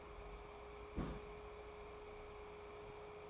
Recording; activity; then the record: daily activity, microphone in the room; place on stove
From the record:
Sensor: 1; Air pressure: 1010.3 hPa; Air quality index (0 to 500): 171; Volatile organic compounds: 12 ppm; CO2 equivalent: 2351 ppm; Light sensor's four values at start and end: 57/146/60/76 and 56/144/60/75